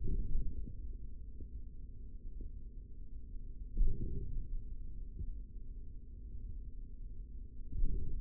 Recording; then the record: forearm muscle sounds (acoustic myography)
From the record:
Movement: forearm supination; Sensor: system 3, bracelet of six PUI Audio POM-2738L microphones around the upper forearm, with dedicated amplification and filtering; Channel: 5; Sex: male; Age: 25 years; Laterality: right